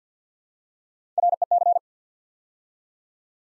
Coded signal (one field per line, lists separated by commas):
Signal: Morse code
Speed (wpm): 50 wpm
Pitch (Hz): 700 Hz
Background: none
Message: REC